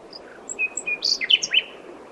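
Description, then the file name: Common nightingale singing a varied phrase of short whistled and chirped notes, some sliding, jumbled quickly over about a second. "Luscinia megarhynchos"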